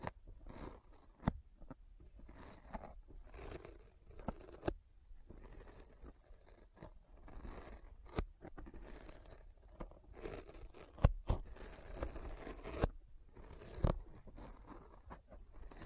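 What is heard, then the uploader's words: Sticky fingers peel and smack in an irregular, dense stream of tacky rasping and scraping, punctuated by sharp snaps near 1, 11 and 14 seconds. ASMR Intense Sticky Finger Sounds (No Talking).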